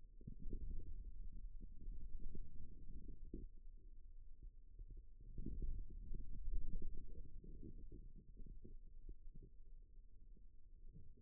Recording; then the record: forearm muscle sounds (acoustic myography)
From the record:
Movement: wrist flexion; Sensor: system 2, bracelet of six BSWA MPA416 microphones around the upper forearm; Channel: 1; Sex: male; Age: 22 years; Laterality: right